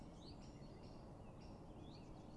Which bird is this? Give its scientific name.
Dendrocopos major